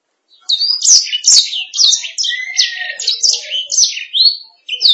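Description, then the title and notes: Canary song, short after a brief silence: quick high chirps, slurred sweeps and a lower drawn-out whistle in the middle. "Suara Burung Kenari"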